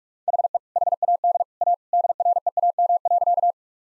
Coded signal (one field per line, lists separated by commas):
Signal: Morse code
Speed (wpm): 46 wpm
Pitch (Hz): 700 Hz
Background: none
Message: HE HAD A DREAM.